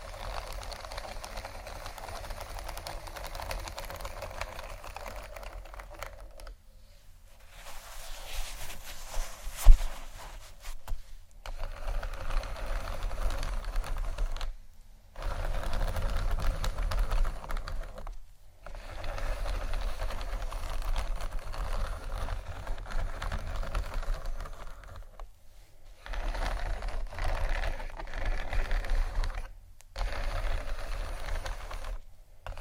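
Scratchy tapping and scraping runs in dense, rapid bursts, each several seconds long, broken by short silent gaps near 7, 11, 15, 18, 25 and 30 seconds. The gritty texture stays fairly even, with a single sharper tap standing out around 10 seconds.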